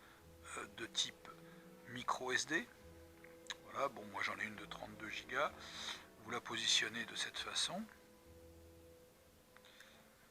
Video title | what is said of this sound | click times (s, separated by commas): MINI DRONE 6 AXES de chez CELL STAR | Voilà, elle est encliquetée, elle est dedans. | 9.6 s